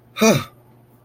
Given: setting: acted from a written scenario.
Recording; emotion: vocal sound without words; neutral